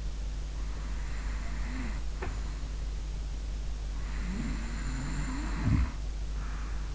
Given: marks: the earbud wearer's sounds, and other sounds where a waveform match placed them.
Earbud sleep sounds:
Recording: sounds in sleep by an in-ear microphone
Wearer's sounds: breath, snoring breath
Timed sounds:
0.62-2.63 s: breath
3.95-6.95 s: snoring breath

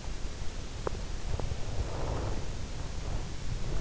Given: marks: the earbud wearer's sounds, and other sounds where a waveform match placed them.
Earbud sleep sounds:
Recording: sounds in sleep by an in-ear microphone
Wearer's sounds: breath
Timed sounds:
1.46-3.24 s: breath

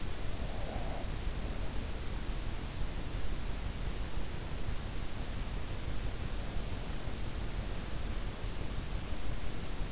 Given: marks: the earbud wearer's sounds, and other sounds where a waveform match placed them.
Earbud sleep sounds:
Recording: sounds in sleep by an in-ear microphone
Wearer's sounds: breath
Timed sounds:
0.00-1.49 s: breath

